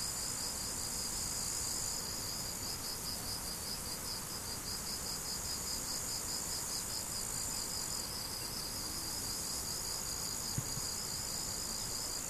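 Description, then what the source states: Crickets chirp in a steady, rapid beat over a constant high-pitched insect buzz, with one faint knock late on. Crickets recorded 17 July 2012 with an MZ-N710 recorder.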